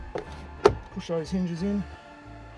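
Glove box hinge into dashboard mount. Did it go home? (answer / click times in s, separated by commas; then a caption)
no / none. A plastic glove box is being refitted into the dashboard of a ZH Outlander after blower motor removal, with its hinge pins pushed toward their mounts. Handling knocks are heard at about 0.2 s and a sharper one at 0.7 s while someone talks. Nothing has seated or clicked yet.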